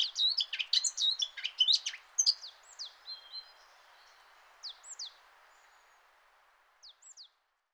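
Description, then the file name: Eurasian blackcap song: a rapid burst of scratchy warbling for about two seconds, then a few soft notes and thin, high downslurred whistles spaced out as it fades. "Sylvia atricapilla"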